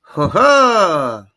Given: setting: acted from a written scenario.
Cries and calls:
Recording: vocal sound without words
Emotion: triumph

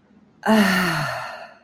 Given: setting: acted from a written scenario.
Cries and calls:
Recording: vocal sound without words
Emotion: contentment

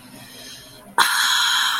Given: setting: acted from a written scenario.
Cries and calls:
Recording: vocal sound without words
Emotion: relief

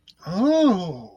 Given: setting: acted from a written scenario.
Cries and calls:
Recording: vocal sound without words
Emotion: realization

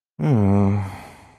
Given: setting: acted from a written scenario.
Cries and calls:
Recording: vocal sound without words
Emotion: sadness

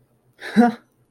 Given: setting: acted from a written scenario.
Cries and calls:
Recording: vocal sound without words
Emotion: amusement

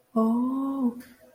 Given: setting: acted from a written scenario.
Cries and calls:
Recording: vocal sound without words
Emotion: fear

